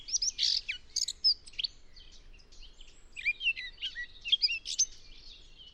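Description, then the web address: Eurasian blackcap song, hurried scratchy warbles and clear whistled notes, with a quieter stretch in the middle and faint low rumble behind. "cianscape birddata Deverinetal 2025"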